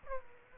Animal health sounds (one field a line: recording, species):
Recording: mosquito wingbeat signal from an infrared sensor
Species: Aedes aegypti